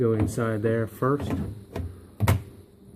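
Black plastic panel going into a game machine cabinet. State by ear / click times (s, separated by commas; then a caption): seated / 2.3 s. Someone talks as a black plastic panel, its tabs already inserted, is pushed down into a game machine cabinet. After a couple of brief knocks near 1.8 s and 2.2 s, it snaps into place with a sharp click at 2.3 s and is seated.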